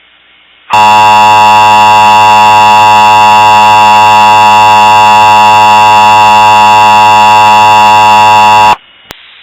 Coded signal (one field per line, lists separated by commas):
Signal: Emergency Alert System (SAME) tones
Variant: 853 and 960 Hz attention tone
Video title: Emergency Alert System - Suicidal Tendencies (S1EP1)